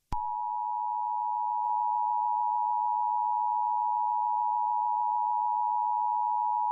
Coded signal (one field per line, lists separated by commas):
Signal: Emergency Alert System (SAME) tones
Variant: 853 and 960 Hz attention tone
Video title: EAS Mock #38 || Candy Effective